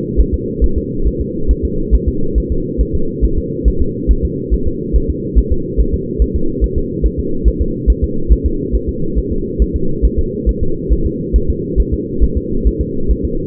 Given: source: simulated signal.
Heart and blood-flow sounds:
fetal heart sounds
0.20 s: S1
0.34 s: S2
0.64 s: S1
0.78 s: S2
1.08 s: S1
1.21 s: S2
1.51 s: S1
1.65 s: S2
1.95 s: S1
2.08 s: S2
2.38 s: S1
2.52 s: S2
2.81 s: S1
2.95 s: S2
3.24 s: S1
3.38 s: S2
3.68 s: S1
3.82 s: S2
4.11 s: S1
4.25 s: S2
4.54 s: S1
4.68 s: S2
4.96 s: S1
5.10 s: S2
5.38 s: S1
5.52 s: S2
5.80 s: S1
5.94 s: S2
6.22 s: S1
6.36 s: S2
6.64 s: S1
6.78 s: S2
7.06 s: S1
7.19 s: S2
7.48 s: S1
7.61 s: S2
7.90 s: S1
8.04 s: S2
8.33 s: S1
8.46 s: S2
8.75 s: S1
8.89 s: S2
9.19 s: S1
9.32 s: S2
9.62 s: S1
9.76 s: S2
10.05 s: S1
10.19 s: S2
10.49 s: S1
10.63 s: S2
10.92 s: S1
11.06 s: S2
11.36 s: S1
11.50 s: S2
11.80 s: S1
11.94 s: S2
12.23 s: S1
12.37 s: S2
12.67 s: S1
12.81 s: S2
13.11 s: S1
13.25 s: S2
From the record:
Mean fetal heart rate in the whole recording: 140 bpm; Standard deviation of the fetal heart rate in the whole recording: 2 bpm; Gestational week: 34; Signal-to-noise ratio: -8.1 dB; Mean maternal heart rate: 72 bpm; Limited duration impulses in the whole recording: absent

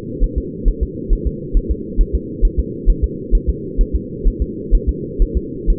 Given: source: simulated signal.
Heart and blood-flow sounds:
fetal heart sounds
0.24 s: S1
0.38 s: S2
0.68 s: S1
0.83 s: S2
1.13 s: S1
1.27 s: S2
1.57 s: S1
1.71 s: S2
2.01 s: S1
2.15 s: S2
2.45 s: S1
2.59 s: S2
2.90 s: S1
3.04 s: S2
3.35 s: S1
3.49 s: S2
3.81 s: S1
3.95 s: S2
4.27 s: S1
4.42 s: S2
4.75 s: S1
4.89 s: S2
5.22 s: S1
5.37 s: S2
5.70 s: S1
From the record:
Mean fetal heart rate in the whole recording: 130 bpm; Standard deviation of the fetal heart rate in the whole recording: 2 bpm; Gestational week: 38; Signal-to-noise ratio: -4.1 dB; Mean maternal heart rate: no maternal heart sound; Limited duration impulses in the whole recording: absent

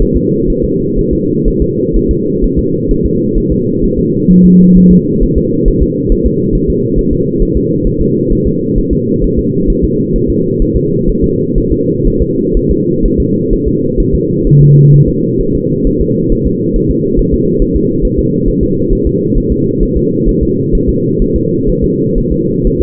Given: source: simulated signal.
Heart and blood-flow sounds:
fetal heart sounds
0.02 s: S1
0.17 s: S2
0.50 s: S1
0.64 s: S2
0.99 s: S1
1.13 s: S2
1.48 s: S1
1.62 s: S2
1.97 s: S1
2.11 s: S2
2.44 s: S1
2.59 s: S2
2.91 s: S1
3.06 s: S2
3.38 s: S1
3.52 s: S2
3.84 s: S1
3.99 s: S2
4.31 s: S1
4.45 s: S2
4.77 s: S1
4.92 s: S2
5.23 s: S1
5.38 s: S2
5.68 s: S1
5.83 s: S2
6.12 s: S1
6.27 s: S2
6.55 s: S1
6.70 s: S2
6.98 s: S1
7.13 s: S2
7.42 s: S1
7.57 s: S2
7.87 s: S1
8.02 s: S2
8.32 s: S1
8.47 s: S2
8.78 s: S1
8.93 s: S2
9.24 s: S1
9.39 s: S2
9.70 s: S1
9.84 s: S2
10.16 s: S1
10.30 s: S2
10.62 s: S1
10.77 s: S2
11.09 s: S1
11.24 s: S2
11.58 s: S1
11.72 s: S2
12.07 s: S1
12.22 s: S2
12.57 s: S1
12.71 s: S2
13.06 s: S1
13.20 s: S2
13.53 s: S1
13.68 s: S2
14.00 s: S1
14.15 s: S2
14.47 s: S1
14.61 s: S2
14.94 s: S1
15.08 s: S2
15.41 s: S1
15.55 s: S2
15.87 s: S1
16.01 s: S2
16.32 s: S1
16.47 s: S2
16.76 s: S1
16.91 s: S2
17.19 s: S1
17.34 s: S2
17.62 s: S1
17.76 s: S2
18.05 s: S1
18.19 s: S2
18.48 s: S1
18.63 s: S2
18.93 s: S1
19.07 s: S2
19.38 s: S1
19.52 s: S2
19.83 s: S1
19.97 s: S2
20.29 s: S1
20.43 s: S2
20.75 s: S1
20.89 s: S2
21.22 s: S1
21.36 s: S2
21.69 s: S1
21.84 s: S2
22.18 s: S1
22.32 s: S2
22.67 s: S1
22.81 s: S2
From the record:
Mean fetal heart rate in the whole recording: 130 bpm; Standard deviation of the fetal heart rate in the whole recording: 4 bpm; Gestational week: 38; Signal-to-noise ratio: -11.2 dB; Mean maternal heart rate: 72 bpm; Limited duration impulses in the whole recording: present

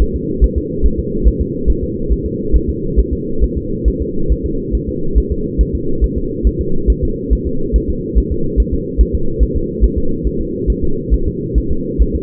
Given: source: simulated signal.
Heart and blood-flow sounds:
fetal heart sounds
0.02 s: S1
0.16 s: S2
0.44 s: S1
0.58 s: S2
0.86 s: S1
1.00 s: S2
1.28 s: S1
1.41 s: S2
1.70 s: S1
1.84 s: S2
2.12 s: S1
2.26 s: S2
2.56 s: S1
2.70 s: S2
2.99 s: S1
3.13 s: S2
3.44 s: S1
3.57 s: S2
3.88 s: S1
4.02 s: S2
4.32 s: S1
4.46 s: S2
4.75 s: S1
4.89 s: S2
5.18 s: S1
5.32 s: S2
5.61 s: S1
5.75 s: S2
6.04 s: S1
6.18 s: S2
6.47 s: S1
6.61 s: S2
6.90 s: S1
7.04 s: S2
7.33 s: S1
7.47 s: S2
7.76 s: S1
7.90 s: S2
8.18 s: S1
8.32 s: S2
8.60 s: S1
8.74 s: S2
9.01 s: S1
9.15 s: S2
9.43 s: S1
9.56 s: S2
9.84 s: S1
9.98 s: S2
10.27 s: S1
10.41 s: S2
10.70 s: S1
10.84 s: S2
11.14 s: S1
11.28 s: S2
11.58 s: S1
11.72 s: S2
12.02 s: S1
12.15 s: S2
From the record:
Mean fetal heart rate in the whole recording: 140 bpm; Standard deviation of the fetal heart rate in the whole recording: 2 bpm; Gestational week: 34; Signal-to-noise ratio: -8.1 dB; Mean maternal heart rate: 72 bpm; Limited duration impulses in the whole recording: absent

